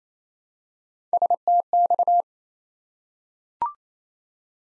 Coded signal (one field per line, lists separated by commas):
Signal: Morse code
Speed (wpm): 27 wpm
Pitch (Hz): 700 Hz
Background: none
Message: STX